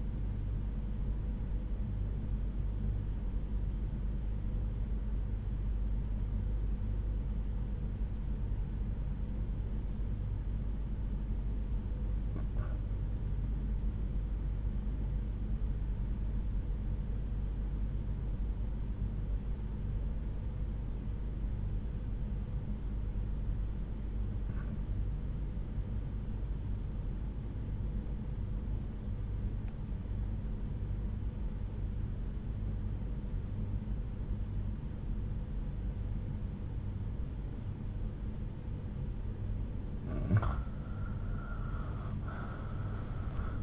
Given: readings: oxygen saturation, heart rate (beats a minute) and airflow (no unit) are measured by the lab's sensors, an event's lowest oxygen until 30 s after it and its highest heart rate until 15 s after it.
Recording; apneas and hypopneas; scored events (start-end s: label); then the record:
breathing in sleep by a smartphone at the bedside; 1
8.00-39.30 s: obstructive apnea (REM, oxygen 95% highest, then 79% lowest)
From the record:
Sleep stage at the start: REM sleep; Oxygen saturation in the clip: 89 to 96%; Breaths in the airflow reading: 1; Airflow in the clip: -8.7 to 7.7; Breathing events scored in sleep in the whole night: 368 in 8.0 hours asleep